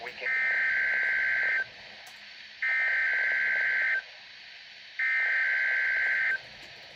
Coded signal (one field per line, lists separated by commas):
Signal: Emergency Alert System (SAME) tones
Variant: header bursts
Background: speech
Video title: (EAS 571-573) Today's Dish: Weekly Tests with a side of a Flood Watch